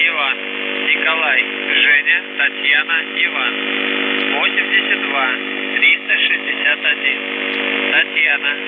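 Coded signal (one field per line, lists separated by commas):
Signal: numbers station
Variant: UVB-76, Russian voice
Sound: continuous voice speaking over a narrowband radio channel with a steady low drone underneath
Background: radio static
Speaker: there were four Russian doomsday messages transmitted on the Russian buzzer, which is one of Russia's primary nuclear war frequencies. So I want to play a sample of these messages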